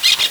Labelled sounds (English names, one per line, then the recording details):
Brown-throated Parakeet contact call
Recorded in Venezuela
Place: Guárico; Corozopando; Fundo La Fe
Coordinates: 8.506, -67.593